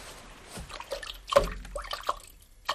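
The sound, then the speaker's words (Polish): A fish splashes down into a bucket of water, one sharp slap of liquid followed by scattered drips and small sloshes that settle over a few seconds. “W takim razie włożę cię do wiaderka i pójdę naradzić się z moją babą. No, chlup i wracamy do chałupy.”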